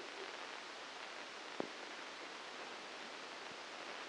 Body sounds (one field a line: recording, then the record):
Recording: brain microelectrode recording played as sound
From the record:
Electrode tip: outside the subthalamic nucleus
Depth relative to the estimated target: -3 mm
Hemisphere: left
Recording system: NeuroSet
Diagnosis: Parkinson's disease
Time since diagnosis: 9 years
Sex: male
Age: 56 years